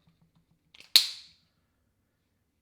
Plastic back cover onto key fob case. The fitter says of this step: We can snap the back cover on.